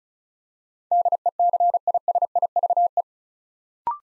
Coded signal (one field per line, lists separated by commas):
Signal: Morse code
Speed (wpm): 36 wpm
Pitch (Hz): 700 Hz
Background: none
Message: DECISIVE